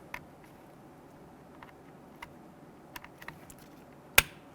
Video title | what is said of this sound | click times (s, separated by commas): How to Replace Power Window & Door Lock Switch 2008-2013 INFINITI G37 | Pushing both of them until you can hear them lock into place. | 4.2 s